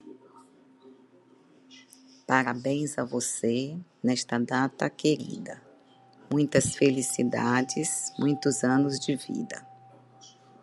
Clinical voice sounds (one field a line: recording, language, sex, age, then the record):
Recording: short text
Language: Brazilian Portuguese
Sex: female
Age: 50 to 59 years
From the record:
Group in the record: control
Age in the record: 58 years